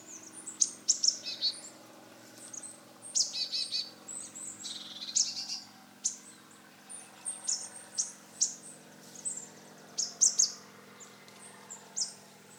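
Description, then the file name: Marsh tit calling: sharp high 'pit' notes and buzzy downslurred phrases, repeated many times, with a steady low hum underneath. "Poecile palustris"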